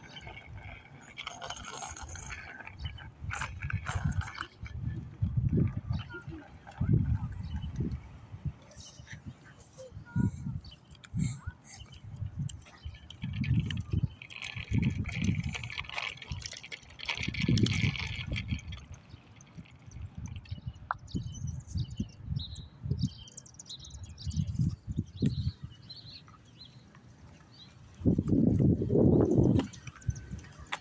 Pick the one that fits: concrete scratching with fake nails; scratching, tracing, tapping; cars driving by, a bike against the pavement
cars driving by, a bike against the pavement